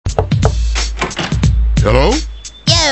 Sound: knock on the door